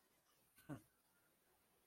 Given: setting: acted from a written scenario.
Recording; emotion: vocal sound without words; contempt